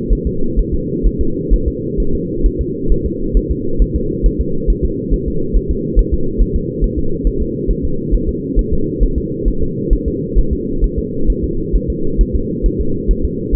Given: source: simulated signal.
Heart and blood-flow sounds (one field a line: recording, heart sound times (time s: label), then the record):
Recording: fetal heart sounds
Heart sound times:
0.13 s: S1
0.27 s: S2
0.59 s: S1
0.74 s: S2
1.07 s: S1
1.21 s: S2
1.54 s: S1
1.68 s: S2
2.00 s: S1
2.15 s: S2
2.46 s: S1
2.61 s: S2
2.92 s: S1
3.06 s: S2
3.37 s: S1
3.51 s: S2
3.82 s: S1
3.96 s: S2
4.26 s: S1
4.41 s: S2
4.70 s: S1
4.85 s: S2
5.14 s: S1
5.28 s: S2
5.57 s: S1
5.71 s: S2
5.99 s: S1
6.14 s: S2
6.42 s: S1
6.56 s: S2
6.84 s: S1
6.99 s: S2
7.27 s: S1
7.42 s: S2
7.71 s: S1
7.85 s: S2
8.15 s: S1
8.29 s: S2
8.59 s: S1
8.73 s: S2
9.03 s: S1
9.18 s: S2
9.48 s: S1
9.63 s: S2
9.93 s: S1
10.08 s: S2
10.39 s: S1
10.53 s: S2
10.84 s: S1
10.99 s: S2
11.30 s: S1
11.44 s: S2
11.76 s: S1
11.90 s: S2
12.21 s: S1
12.36 s: S2
12.66 s: S1
12.81 s: S2
13.11 s: S1
13.25 s: S2
13.55 s: S1
From the record:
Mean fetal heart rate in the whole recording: 135 bpm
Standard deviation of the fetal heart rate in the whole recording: 3 bpm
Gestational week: 36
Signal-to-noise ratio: -8.1 dB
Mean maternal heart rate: 72 bpm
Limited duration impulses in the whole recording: absent